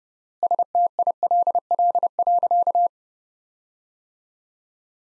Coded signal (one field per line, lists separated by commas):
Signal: Morse code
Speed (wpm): 30 wpm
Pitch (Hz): 700 Hz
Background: none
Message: STILL.